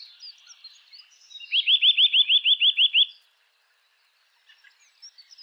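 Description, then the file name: Eurasian nuthatch giving a quick series of about ten bright, upslurred whistled notes in under two seconds, with other faint high chirps around it. "Sitta europaea"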